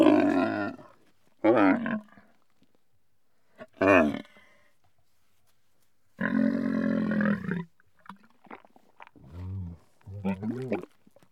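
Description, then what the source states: Camel giving several harsh, throaty groans and grunts separated by short silences. Camel described as cranky.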